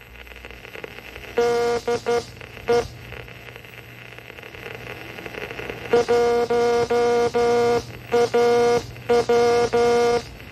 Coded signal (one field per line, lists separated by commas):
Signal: Morse code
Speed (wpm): 12 wpm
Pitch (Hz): 480 Hz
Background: radio noise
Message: DE 1AW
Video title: AWA Classics - The Early Years of Amateur Radio